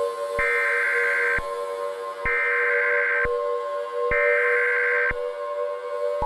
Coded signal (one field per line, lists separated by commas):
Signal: Emergency Alert System (SAME) tones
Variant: header bursts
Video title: Outbreak I: Denver Dismemberment (EAS Scenario)